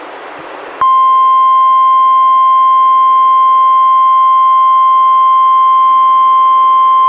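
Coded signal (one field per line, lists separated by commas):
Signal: Emergency Alert System (SAME) tones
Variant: 1050 Hz attention tone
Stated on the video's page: NWS required weekly tests relayed by weather radio station KEC91, recorded directly from a Reecom R-1630 weather radio onto a Zoom H1 recorder.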